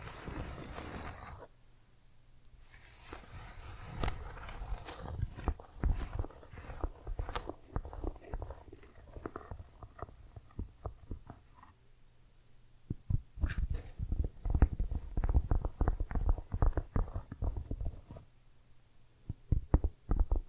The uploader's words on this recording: ASMR Tiny Mics - Mighty Tingles Mic Testing（No Talking）. Cork. Tiny bottles. Brushing.